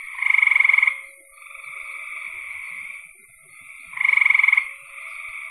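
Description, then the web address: Frog chorus: a sustained high trill broken by two loud, quickly pulsed calls roughly four seconds apart. "cn frogs"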